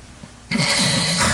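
Half a second of near silence ends in a sudden loud, rough, noisy snorting gasp that lasts almost a second. This is an adult sleeper's breathing restarting after an obstructive sleep apnea pause, as the blocked airway reopens; the breathing pauses keep recurring.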